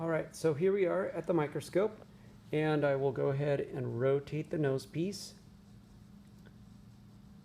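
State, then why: Seated. Someone talks for about the first five seconds, then goes quiet while a microscope's revolving nosepiece is rotated. A single short, faint tick at 6.5 s marks the low-power objective lens, the one with a yellow stripe around the barrel, clicking into place.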